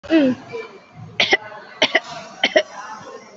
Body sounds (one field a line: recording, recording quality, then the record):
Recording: shallow voluntary cough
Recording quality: moderate, slight background noise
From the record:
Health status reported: COVID-19 positive, mild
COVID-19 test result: positive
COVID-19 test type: RT-PCR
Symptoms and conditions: cold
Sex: female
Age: 65 years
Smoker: no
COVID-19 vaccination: both doses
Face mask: worn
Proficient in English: yes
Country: India